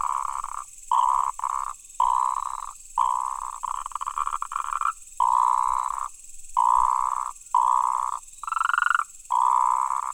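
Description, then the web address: Frog croaking: long, loud, rasping pulsed notes in mid pitch, each lasting about a second, repeated with short gaps throughout. Recorded 28 October 2017. "frog rec 20171028"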